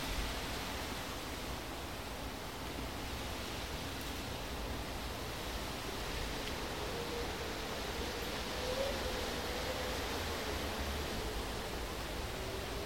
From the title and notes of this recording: Listen to the wind glide over the rocks of Mount Ngungun during golden hour.